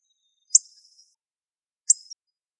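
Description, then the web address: Hawfinch giving two short, very high, sharp ticking calls a little over a second apart, each a clipped metallic note, with silence between. "Coccothraustes coccothraustes"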